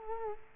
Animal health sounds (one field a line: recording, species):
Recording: mosquito wingbeat signal from an infrared sensor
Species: Culex quinquefasciatus